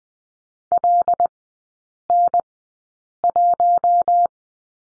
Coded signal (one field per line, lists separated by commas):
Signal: Morse code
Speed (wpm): 20 wpm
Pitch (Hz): 700 Hz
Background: none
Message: LN1